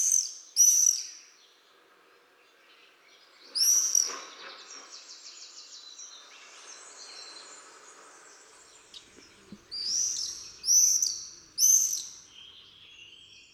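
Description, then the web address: Common swift screams, short shrill high bursts in separate flurries with pauses between, a softer buzzy chatter in the middle. Common swifts in jousting flights. "annee nature les joutes du martinet"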